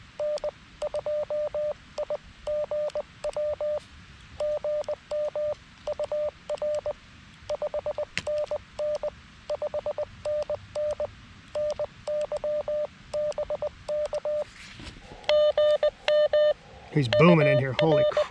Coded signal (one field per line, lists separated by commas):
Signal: Morse code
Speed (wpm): 20 wpm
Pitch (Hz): 590 Hz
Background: speech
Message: N2IGW GM UR 5NN 5NN NY BK GM UR